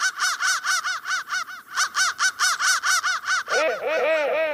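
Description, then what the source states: Crow cawing in a rapid, evenly spaced series of harsh caws, joined near the end by a deeper, warped, overlapping layer of lower caws. Processed crow sound.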